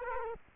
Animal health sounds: mosquito wingbeat signal from an infrared sensor; Culex quinquefasciatus

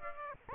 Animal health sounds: mosquito wingbeat signal from an infrared sensor; Aedes aegypti

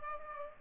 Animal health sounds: mosquito wingbeat signal from an infrared sensor; Aedes aegypti

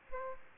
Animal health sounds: mosquito wingbeat signal from an infrared sensor; Aedes aegypti

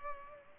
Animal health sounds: mosquito wingbeat signal from an infrared sensor; Culex pipiens

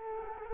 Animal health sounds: mosquito wingbeat signal from an infrared sensor; Culex quinquefasciatus

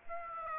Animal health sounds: mosquito wingbeat signal from an infrared sensor; Aedes aegypti

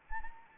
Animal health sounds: mosquito wingbeat signal from an infrared sensor; Anopheles arabiensis

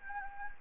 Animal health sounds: mosquito wingbeat signal from an infrared sensor; Anopheles gambiae

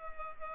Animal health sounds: mosquito wingbeat signal from an infrared sensor; Culex pipiens

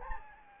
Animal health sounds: mosquito wingbeat signal from an infrared sensor; Anopheles gambiae

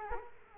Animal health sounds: mosquito wingbeat signal from an infrared sensor; Culex quinquefasciatus

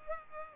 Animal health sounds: mosquito wingbeat signal from an infrared sensor; Culex pipiens

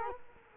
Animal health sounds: mosquito wingbeat signal from an infrared sensor; Culex quinquefasciatus

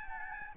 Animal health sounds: mosquito wingbeat signal from an infrared sensor; Aedes albopictus

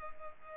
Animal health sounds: mosquito wingbeat signal from an infrared sensor; Culex pipiens

